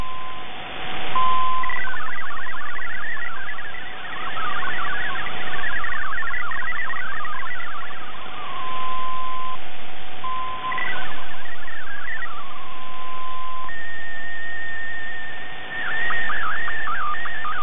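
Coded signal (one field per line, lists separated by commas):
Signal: multi-tone FSK (Olivia or MFSK type)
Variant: MFSK64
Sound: steady tone, then rapid warbling tones hopping up and down over shortwave hiss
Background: radio static, steady low tone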